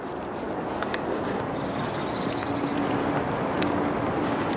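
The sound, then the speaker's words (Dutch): A steady, unbroken roar of traffic fills the whole stretch at an even level, with a few faint, high bird chirps and a thin whistling note drifting over it. No one speaks. “Ja, en die leven samen met dat verkeer op de achtergrond.”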